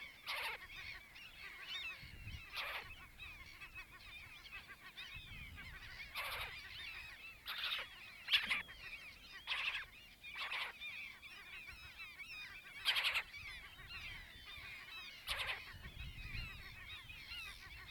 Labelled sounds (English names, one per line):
European Herring Gull call